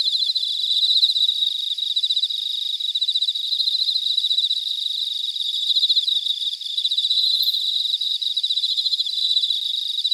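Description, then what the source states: Cicadas buzzing in an unbroken, high-pitched drone, finely pulsed and steady, with small swells in loudness. Cicadas in Weinan, China; filtered audio.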